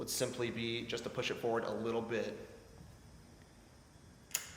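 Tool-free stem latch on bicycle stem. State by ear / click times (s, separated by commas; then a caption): seated / 4.3 s. Someone talks while the latch lever of a tool-free adjustable bicycle stem is pushed forward from its vertical position, since upright it will not lock and is a safety issue. After a quiet stretch, a short sharp click at 4.4 s marks the latch seating into its locked place.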